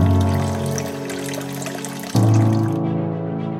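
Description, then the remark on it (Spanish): Water runs steadily from a tap in a continuous hiss with a ringing, tonal hum; midway the flow surges slightly louder, then the bright upper splash softens toward the end. “¿Te imaginas cómo es vivir sin poder tomar el agua de la llave?”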